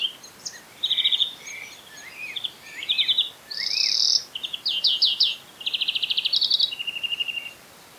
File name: Chloris chloris